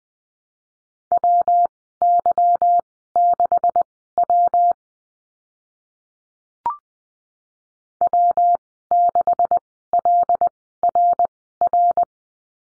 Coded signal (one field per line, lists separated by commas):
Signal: Morse code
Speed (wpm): 20 wpm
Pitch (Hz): 700 Hz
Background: none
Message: WY6W W6LRR